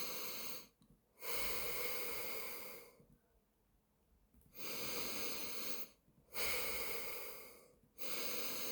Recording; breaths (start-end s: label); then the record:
nose breathing near a microphone
0.00-0.72 s: inhalation
0.72-2.87 s: exhalation
4.22-5.97 s: inhalation
5.97-7.62 s: exhalation
7.62-8.72 s: inhalation
From the record:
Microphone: phone